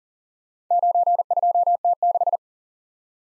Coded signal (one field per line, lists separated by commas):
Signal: Morse code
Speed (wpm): 38 wpm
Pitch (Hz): 700 Hz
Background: none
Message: 92T6